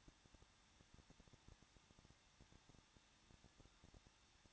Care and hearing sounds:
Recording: daily activity, microphone in the room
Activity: no activity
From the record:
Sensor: 3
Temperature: 21.2 degrees Celsius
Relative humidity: 36.3%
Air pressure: 1006.4 hPa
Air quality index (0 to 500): 221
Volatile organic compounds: 40 ppm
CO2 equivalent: 3147 ppm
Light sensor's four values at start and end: 2/3/2/2 and 2/3/2/2

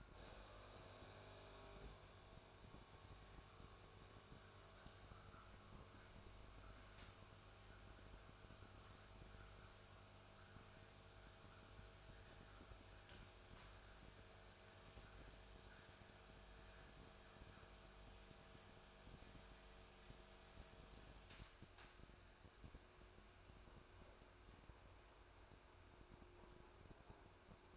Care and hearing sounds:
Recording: daily activity, microphone in the room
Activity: make coffee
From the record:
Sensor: 2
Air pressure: 1004.1 hPa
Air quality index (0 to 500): 192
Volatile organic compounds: 11 ppm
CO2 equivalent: 2305 ppm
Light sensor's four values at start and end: 4/11/4/4 and 4/10/4/4

